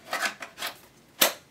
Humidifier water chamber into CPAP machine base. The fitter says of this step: then you'll hear it lock. This little button will pop out.